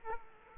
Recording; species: mosquito wingbeat signal from an infrared sensor; Culex quinquefasciatus